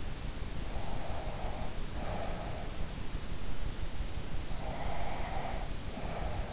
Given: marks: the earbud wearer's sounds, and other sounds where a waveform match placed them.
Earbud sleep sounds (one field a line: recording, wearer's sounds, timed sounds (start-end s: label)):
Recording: sounds in sleep by an in-ear microphone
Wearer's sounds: breath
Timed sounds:
0.72-2.68 s: breath
4.56-6.53 s: breath